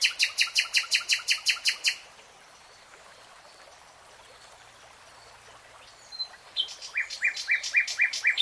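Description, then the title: Nightingale song: a loud rhythmic series of identical pulsed notes, a quiet pause, then another fast repeated sequence building up. "[Tiếng chim hót] Nightingale Singing"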